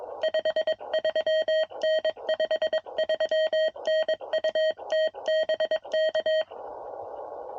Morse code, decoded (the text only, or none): 53N 53N UT BK